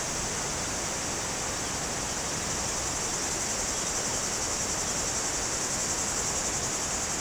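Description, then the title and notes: Cicadas in a constant high chorus that shimmers on unchanged, mixed with steady rushing river water. Cicadas very active in trees near the Jourdan river, on the slopes of the Grand Colombier above Culoz, France, on a hot day; river audible. "Chem. de Romagnieux, 01350 Culoz, France - Rivière et cigales. Sur les pentes du Grand Colombier au dessus de Culoz , par cette chaude journée les cigales sont très actives dans les arbres près du Jourdan"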